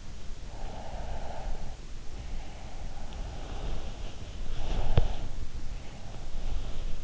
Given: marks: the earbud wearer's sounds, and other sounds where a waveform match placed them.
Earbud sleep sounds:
sounds in sleep by an in-ear microphone; breath, body movement
0.52-4.03 s: breath
3.66-5.27 s: body movement
4.45-6.92 s: breath

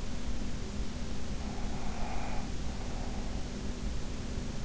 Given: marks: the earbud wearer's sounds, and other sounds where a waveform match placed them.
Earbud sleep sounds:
sounds in sleep by an in-ear microphone; breath
1.45-3.62 s: breath

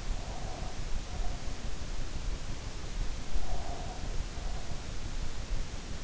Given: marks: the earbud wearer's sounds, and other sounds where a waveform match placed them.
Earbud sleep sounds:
sounds in sleep by an in-ear microphone; breath
0.04-1.70 s: breath
3.23-4.95 s: breath

